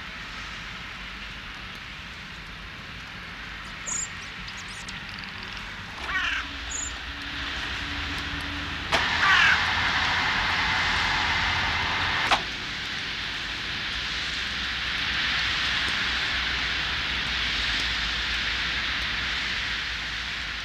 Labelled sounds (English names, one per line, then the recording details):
Common Chaffinch song
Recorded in the wild
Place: Oberstdorf, Bayern, DE
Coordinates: 47.4436, 10.2944
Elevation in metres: 849
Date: 1978-03-19
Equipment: Uher 4000 Report
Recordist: Tretzel, Erwin